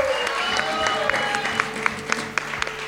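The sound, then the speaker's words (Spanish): An audience applauds a guest musician steadily, a dense wash of many hands clapping with a few sharper, louder claps popping out, and a murmur of crowd voices mixed underneath. “para el cual pido un fuerte aplauso.”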